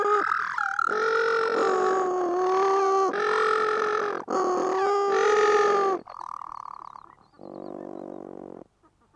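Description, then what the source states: Little penguin braying in a run of loud, harmonic, nasal phrases separated by short breaths, ending with two lower buzzy notes. Northern form of blue penguin.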